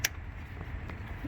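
A plastic fuel injector electrical connector is clipped back onto the injector during reassembly on an LX470/Land Cruiser starter install. A loud, sharp click at 0.1 s shows the connector has seated, followed by a fainter tick around 0.9 s over a low background hum.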